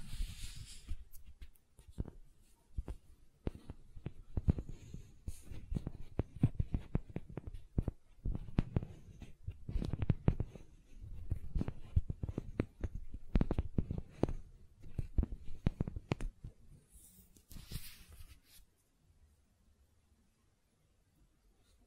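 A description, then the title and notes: Gentle silicone sounds: dense, soft tapping and squishing clicks for about seventeen seconds, a brief hiss near eighteen, then fading to near silence. ASMR Gentle Silicon Sounds for Sleep (No Talking).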